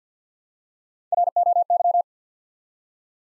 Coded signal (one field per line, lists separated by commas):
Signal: Morse code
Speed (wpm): 50 wpm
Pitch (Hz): 700 Hz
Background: none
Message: ROY